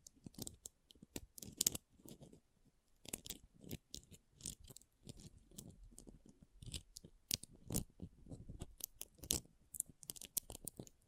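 Pom pom tingles: a dense run of short, crisp rustling and crunching bursts, several each second at an uneven pace. The bursts are bright and crackly up top with a soft low thump underneath, and they keep going without a break for the whole stretch.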